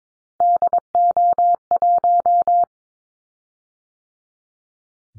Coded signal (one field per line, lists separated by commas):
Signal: Morse code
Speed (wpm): 22 wpm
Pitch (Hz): 700 Hz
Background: none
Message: DO1